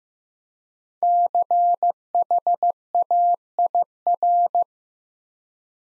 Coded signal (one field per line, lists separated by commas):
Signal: Morse code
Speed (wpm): 15 wpm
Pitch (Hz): 700 Hz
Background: none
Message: CHAIR